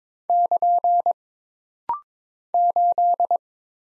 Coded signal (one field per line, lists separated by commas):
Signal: Morse code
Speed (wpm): 23 wpm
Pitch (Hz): 700 Hz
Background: none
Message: <KN> 8